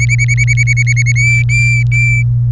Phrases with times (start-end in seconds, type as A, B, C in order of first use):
0.00-1.12 A, 1.16-2.23 B